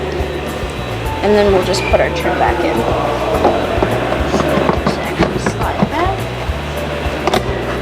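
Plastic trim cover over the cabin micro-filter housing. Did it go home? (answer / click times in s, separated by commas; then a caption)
yes / 7.3 s. On a 2017 BMW X5, the plastic trim cover over the cabin micro-filter housing is pushed back into place after the new filter goes in, snapping in with sharp clicks at 7.3 s and 7.3 s. Someone talks throughout over background music, and the cover ends up seated.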